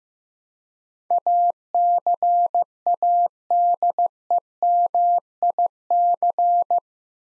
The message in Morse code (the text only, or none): ACADEMIC